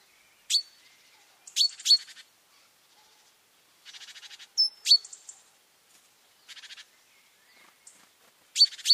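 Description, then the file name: Great tit calling: clipped high notes and short harsh rattling churrs in irregular bursts, with gaps of near silence between them. "Parus major"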